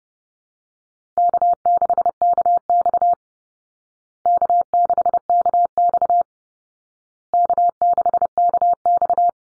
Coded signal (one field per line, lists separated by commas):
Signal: Morse code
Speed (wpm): 30 wpm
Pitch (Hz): 700 Hz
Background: none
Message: K6KX K6KX K6KX